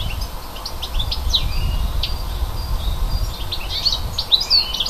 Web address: oeko hecke vogel februar vogel f 5 heimisch